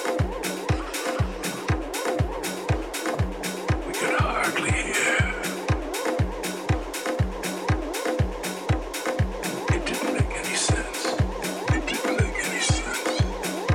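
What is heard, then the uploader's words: Day of the Dead in Tucson: a steady, fast low drumbeat pounds throughout under crowd voices, with brief shrill calls near four and eleven seconds. Day of the Dead, Tucson Arizona.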